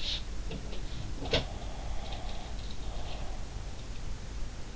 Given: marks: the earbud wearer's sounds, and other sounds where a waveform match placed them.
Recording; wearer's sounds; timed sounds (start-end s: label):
sounds in sleep by an in-ear microphone; breath
1.38-3.48 s: breath